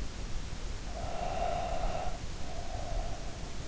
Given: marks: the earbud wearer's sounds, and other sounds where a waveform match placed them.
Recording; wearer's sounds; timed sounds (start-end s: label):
sounds in sleep by an in-ear microphone; breath
0.81-3.59 s: breath